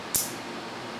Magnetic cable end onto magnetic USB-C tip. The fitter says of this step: you can you can hear the click so